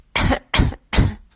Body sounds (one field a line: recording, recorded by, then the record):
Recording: voluntary cough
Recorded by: messaging app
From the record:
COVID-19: negative